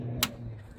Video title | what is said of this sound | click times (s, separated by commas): Land Rover LR3 - wheel arches | those snap right in. Is that a satisfying knick? Yeah, listen. | 0.2 s